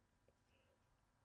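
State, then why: Not seated. With the newly installed steel hammer cocked on an AAP-01 airsoft pistol, a marked area of the trigger group is pushed to bring the trigger engagement lever into place. Only low, steady handling noise with a faint tick is heard. Nothing has seated or clicked yet.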